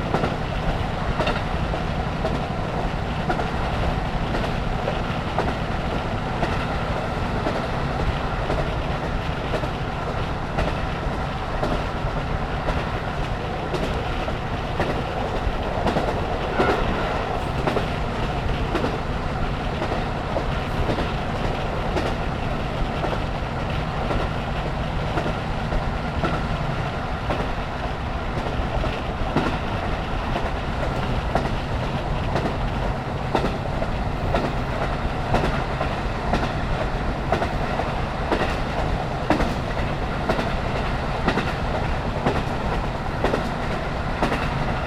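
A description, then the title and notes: A diesel railcar runs steadily between stations, recorded through an open window, with a constant engine drone, wind rush and rhythmic wheel clatter throughout. 花咲線 キハ54-518 門静→厚岸. It was a little warm on the day, so I opened the window and recorded. I can hear the joint sound well. Recorded on 2008/03/30 between Monshizu and Akkeshi on Nemuro Line train number 5629D. ZOOM H2.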